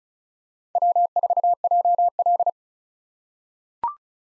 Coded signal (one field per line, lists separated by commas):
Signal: Morse code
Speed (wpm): 34 wpm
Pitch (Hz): 700 Hz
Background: none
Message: W4JL